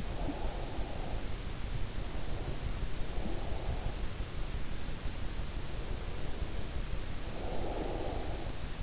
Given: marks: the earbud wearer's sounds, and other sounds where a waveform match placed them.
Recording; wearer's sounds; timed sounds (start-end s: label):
sounds in sleep by an in-ear microphone; breath
0.00-1.59 s: breath
5.92-8.61 s: breath